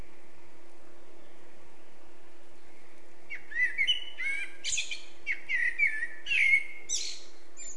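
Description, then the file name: Eurasian blackbird singing a run of mellow fluty phrases, each ending in a thin high squeaky flourish, starting after a few quiet seconds; a faint steady hum underneath. "Turdus merula"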